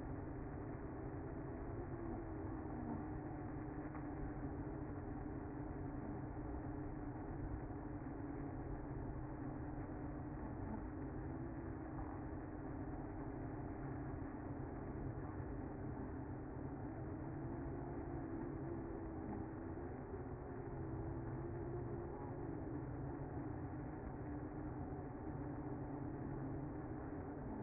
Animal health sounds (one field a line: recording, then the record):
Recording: honeybee colony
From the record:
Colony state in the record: active